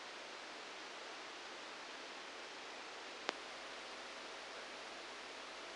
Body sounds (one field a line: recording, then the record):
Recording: brain microelectrode recording played as sound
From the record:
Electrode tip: outside the subthalamic nucleus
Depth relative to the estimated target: -2 mm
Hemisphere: right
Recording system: NeuroSet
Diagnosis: Parkinson's disease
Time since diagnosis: 9 years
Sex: male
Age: 56 years